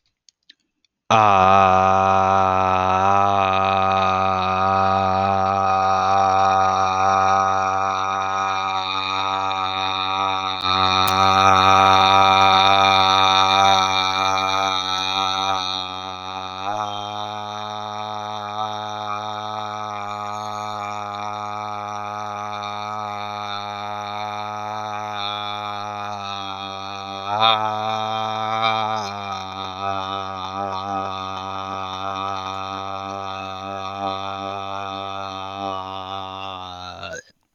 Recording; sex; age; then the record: vowel held as long as possible; male; 30 to 39 years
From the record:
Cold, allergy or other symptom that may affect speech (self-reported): no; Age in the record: 33 years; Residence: Pennsylvania, United States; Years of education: 16